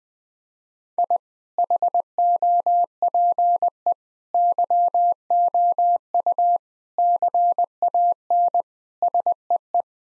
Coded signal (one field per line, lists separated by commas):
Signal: Morse code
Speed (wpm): 21 wpm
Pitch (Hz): 700 Hz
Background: none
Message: I HOPE YOU CAN SEE